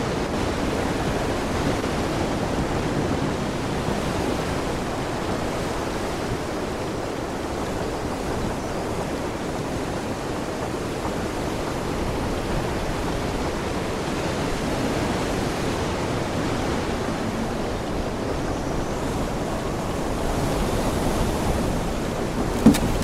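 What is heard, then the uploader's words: Waves wash steadily against a ship's hull in a dense, low rushing wash that barely changes, with one sharp knock at the end. Sailing On a Pirate Ship: Adventure on the High Seas.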